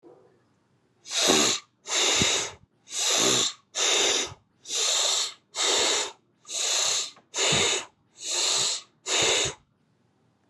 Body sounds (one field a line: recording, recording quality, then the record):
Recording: deep breathing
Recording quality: excellent, no background noise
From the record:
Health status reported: healthy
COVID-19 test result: negative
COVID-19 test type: RT-PCR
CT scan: not taken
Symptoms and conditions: sore throat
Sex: male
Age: 32 years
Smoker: no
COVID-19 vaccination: both doses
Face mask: not worn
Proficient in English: yes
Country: United States